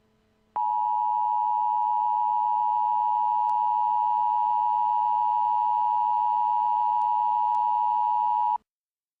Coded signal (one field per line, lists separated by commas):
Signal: Emergency Alert System (SAME) tones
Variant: 853 and 960 Hz attention tone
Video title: EAS Alerts from August 21, 2017 (EAS #200-202)